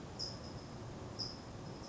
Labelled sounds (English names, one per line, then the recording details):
California Towhee
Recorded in Sonoma County, California